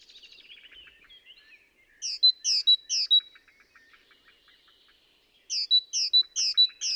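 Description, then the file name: Great tit calls with two runs of clipped, high notes in quick succession, with faint twittering between them. "Parus major"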